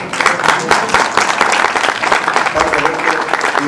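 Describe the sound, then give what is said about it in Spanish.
An audience breaks into steady applause, welcoming a panelist from Radio Pío 12 at the 50th anniversary event of the Asociación Boliviana de Educación Radiofónica in Bolivia, many hands clapping in a dense, continuous patter that stays fairly loud for several seconds with no voices standing out. “Un aplauso, por favor.”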